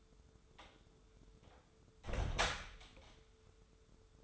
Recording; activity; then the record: daily activity, microphone in the room; close door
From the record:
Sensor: 3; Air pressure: 1015.2 hPa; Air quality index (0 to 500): 159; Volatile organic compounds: 11 ppm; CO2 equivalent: 2272 ppm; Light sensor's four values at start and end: 15/39/16/17 and 15/40/16/17